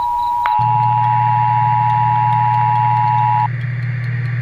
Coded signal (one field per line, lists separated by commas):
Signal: Emergency Alert System (SAME) tones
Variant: 853 and 960 Hz attention tone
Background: music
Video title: emergency alert required monthly test (quited broadcast)